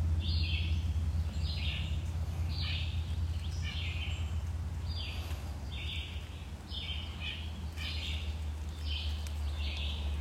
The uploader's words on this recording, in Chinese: 自由村傍晚丛林里鸟儿的吟唱_美国新罕不什尔州自由村。